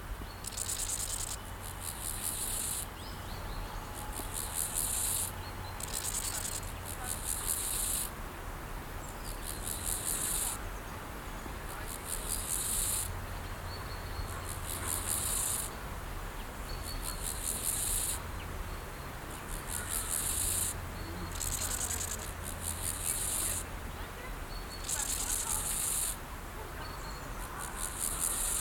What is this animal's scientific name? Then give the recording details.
Chorthippus dorsatus. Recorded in the wild. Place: Eutin, Holsteinische Schweiz, Schleswig-Holstein, DE. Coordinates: 54.132, 10.614. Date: 1992-09-24 11:06. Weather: sonnig, Sonne: 20°C, Schatten: 16°C. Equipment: Marantz CP 430, Sennheiser ME 80, Kopie Tesla B 116. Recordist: Tembrock, Günter